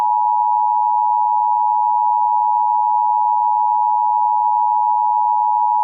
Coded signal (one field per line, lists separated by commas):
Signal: Emergency Alert System (SAME) tones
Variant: 853 and 960 Hz attention tone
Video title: EAS Recreation (08/04/24): Overlapping NWR Audio in Alert